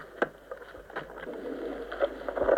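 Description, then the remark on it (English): Two dogs, Frey and Freya, tied up at a farm in winter, gnaw on big soup bones, making irregular scraping crunches and sharp clicks over a steady rustling background, with the chewing growing busier toward the end. “Like chisels, just chewing those muscles off the bone.”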